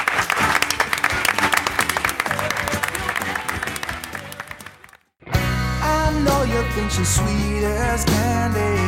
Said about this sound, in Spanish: Y nada, hasta aquí llegado las charlas de este año de Gesta 2013. Muchas gracias a todos y nos vemos el año que viene con, espero veros aquí y ver a más gente. Así que muchas gracias, un aplauso.